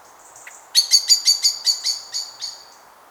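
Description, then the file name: Eurasian blackbird chattering call, a faint thin note, then a rapid run of about ten sharp high chinks, slowing slightly at the end. "Turdus merula"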